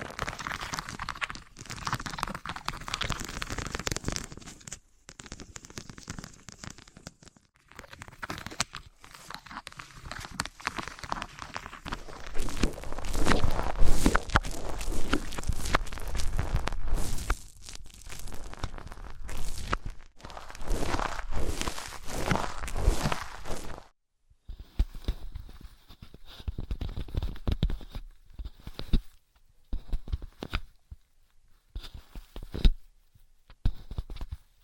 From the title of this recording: Wood vs Cork, Sponge vs Foam, Glass vs Plastic